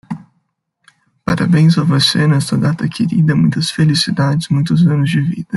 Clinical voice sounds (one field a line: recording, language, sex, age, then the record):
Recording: short text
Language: Brazilian Portuguese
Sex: male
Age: 20 to 29 years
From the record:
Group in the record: control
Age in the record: 22 years